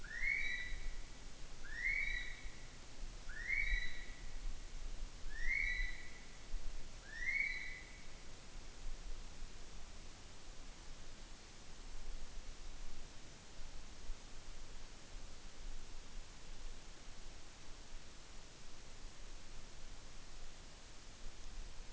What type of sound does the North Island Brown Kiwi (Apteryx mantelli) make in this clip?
male call